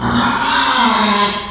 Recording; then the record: squeal of a Yucatan mini pig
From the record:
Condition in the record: after surgery on the right vocal fold (resection and tissue-engineered implant); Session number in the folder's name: 16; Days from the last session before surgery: 183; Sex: female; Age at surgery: 19 weeks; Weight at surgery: 25 kg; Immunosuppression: prednisolone